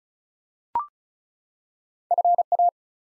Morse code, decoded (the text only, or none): FA